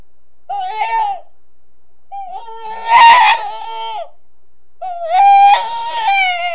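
Rabbit crying: three piercing, wavering wails, the later two longer and louder, with quiet pauses between.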